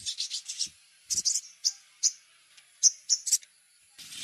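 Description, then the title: Little spiderhunter song: quick runs of high, harsh chipping notes in short bursts with pauses between, ending with a brief hiss. Masteran (training recording); local name Sogok Ontong Labaik. "Masteran Burung Sogok Ontong Labaik"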